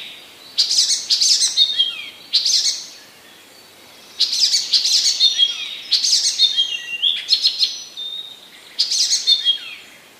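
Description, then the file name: Icterine warbler song in short, varied bursts of high chirps, whistles and buzzy notes, separated by brief pauses, with no other clear sounds. Recorded in 2015. "zaganiacz 2015"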